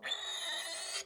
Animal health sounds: pig call; piglet (1 to 25 days)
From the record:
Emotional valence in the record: negative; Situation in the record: short isolation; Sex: female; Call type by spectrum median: high-frequency call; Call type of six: high-frequency stable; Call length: 1.06 s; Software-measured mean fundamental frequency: 368 Hz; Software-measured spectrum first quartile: 2758 Hz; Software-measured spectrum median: 3794 Hz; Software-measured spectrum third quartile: 5907 Hz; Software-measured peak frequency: 3531 Hz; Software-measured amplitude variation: 126 dB a second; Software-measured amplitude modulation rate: 23.2 a second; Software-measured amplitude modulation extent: 5.4 dB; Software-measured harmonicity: 3.5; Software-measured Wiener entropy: -2.23

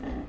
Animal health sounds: pig call; growing-finishing pig (85 days or more)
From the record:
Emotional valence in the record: negative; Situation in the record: barren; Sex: female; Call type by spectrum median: low-frequency call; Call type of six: low-frequency stable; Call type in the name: low-frequency stable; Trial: 3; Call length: 0.29 s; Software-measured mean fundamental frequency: 46 Hz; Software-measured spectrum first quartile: 121 Hz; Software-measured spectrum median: 269 Hz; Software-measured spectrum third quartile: 522 Hz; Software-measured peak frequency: 267 Hz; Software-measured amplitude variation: 122 dB a second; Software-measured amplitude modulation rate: 19.1 a second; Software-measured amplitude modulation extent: 6.4 dB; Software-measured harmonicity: 1.1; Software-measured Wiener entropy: -0.30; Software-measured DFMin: 857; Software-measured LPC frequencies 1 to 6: 1848, 2747, 3334, 4303, 6584, 7637 Hz

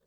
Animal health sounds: pig call; piglet (1 to 25 days)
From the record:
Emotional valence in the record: positive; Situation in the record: reunion after long isolation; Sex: male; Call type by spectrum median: low-frequency call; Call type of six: low-frequency tonal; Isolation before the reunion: 8 minutes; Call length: 0.07 s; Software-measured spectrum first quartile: 408 Hz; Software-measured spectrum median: 1131 Hz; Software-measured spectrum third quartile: 8492 Hz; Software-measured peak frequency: 520 Hz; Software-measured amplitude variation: 1 dB a second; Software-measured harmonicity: 7.7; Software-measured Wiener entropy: -2.92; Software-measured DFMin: 502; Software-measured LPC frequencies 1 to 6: 506, 1622, 3653, 4554, 5555, 6167 Hz

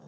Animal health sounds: pig call; piglet (1 to 25 days)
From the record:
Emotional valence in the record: negative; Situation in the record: short isolation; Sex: female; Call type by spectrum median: low-frequency call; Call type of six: low-frequency stable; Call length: 0.09 s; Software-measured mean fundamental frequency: 45 Hz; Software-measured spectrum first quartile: 174 Hz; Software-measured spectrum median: 309 Hz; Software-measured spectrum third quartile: 685 Hz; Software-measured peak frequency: 196 Hz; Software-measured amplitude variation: 68 dB a second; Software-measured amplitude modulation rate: 11.7 a second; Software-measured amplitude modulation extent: 5.8 dB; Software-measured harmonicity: -2.7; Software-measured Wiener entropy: 0.21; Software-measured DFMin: 1508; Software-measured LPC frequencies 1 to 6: 2986, 3654, 4698, 5574, 6527, 7642 Hz

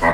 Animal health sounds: pig call; piglet (1 to 25 days)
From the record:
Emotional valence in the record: positive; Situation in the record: reunion after long isolation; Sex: female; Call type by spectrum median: low-frequency call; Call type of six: low-frequency tonal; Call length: 0.14 s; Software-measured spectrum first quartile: 593 Hz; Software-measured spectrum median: 980 Hz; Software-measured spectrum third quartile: 1643 Hz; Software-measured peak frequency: 968 Hz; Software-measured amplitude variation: 100 dB a second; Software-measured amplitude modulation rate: 3.6 a second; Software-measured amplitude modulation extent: 27.7 dB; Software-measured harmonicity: -1.0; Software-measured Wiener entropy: -0.97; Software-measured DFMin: 960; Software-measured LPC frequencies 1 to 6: 700, 993, 1945, 4391, 6701, 7466 Hz

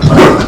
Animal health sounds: pig call; growing-finishing pig (85 days or more)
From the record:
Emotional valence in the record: positive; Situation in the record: run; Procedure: transit

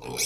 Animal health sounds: pig call; weaner (32 to 43 days)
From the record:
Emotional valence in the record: negative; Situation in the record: short isolation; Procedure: open field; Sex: female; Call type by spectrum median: high-frequency call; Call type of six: mixed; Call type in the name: high-frequency modulated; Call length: 0.27 s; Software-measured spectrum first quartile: 1640 Hz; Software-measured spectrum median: 4900 Hz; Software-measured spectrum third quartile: 6943 Hz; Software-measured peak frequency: 438 Hz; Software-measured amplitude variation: 127 dB a second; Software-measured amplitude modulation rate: 22.5 a second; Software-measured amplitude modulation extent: 5.6 dB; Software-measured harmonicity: 1.1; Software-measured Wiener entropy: -2.87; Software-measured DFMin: 647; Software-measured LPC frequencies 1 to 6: 663, 2324, 3498, 4143, 5161, 5744 Hz

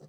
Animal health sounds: pig call; piglet (1 to 25 days)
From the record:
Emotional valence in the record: negative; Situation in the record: long isolation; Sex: female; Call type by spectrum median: low-frequency call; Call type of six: low-frequency stable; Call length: 0.09 s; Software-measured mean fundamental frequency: 45 Hz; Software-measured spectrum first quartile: 160 Hz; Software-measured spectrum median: 324 Hz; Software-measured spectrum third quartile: 629 Hz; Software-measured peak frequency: 146 Hz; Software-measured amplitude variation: 90 dB a second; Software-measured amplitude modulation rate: 5.9 a second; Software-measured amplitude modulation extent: 15.3 dB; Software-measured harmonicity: -0.8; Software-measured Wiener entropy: 0.14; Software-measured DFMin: 790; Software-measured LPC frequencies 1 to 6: 451, 1577, 3072, 4089, 4858, 5923 Hz

